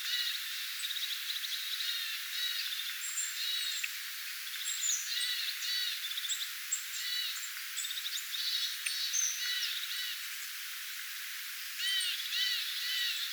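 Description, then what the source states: Several tits calling together, short chirps and buzzy notes repeated in quick clusters, fairly continuous chatter with brief pauses, steady hiss beneath. Flock of tits, recorded 25 October 2024.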